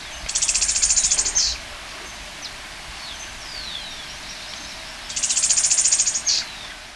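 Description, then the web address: White-sided flowerpiercer giving a high, rapid, buzzy trill just over a second long, ending in a short flourish, repeated after a gap of about three and a half seconds. Recorded in Ecuador. "Natures Songs S America Birds of Ecuador. White-Sided Flowerpiercer"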